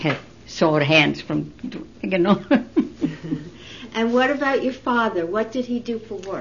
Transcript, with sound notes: I had sore hands from, you know. ( she laughs )
And what about your father? What did he do for work?